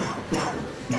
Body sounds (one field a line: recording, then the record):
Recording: coughing mixed with background sound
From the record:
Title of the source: Spring Cold Coughing 3